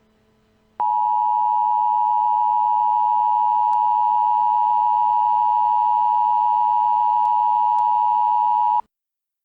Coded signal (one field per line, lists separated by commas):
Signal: Emergency Alert System (SAME) tones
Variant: 853 and 960 Hz attention tone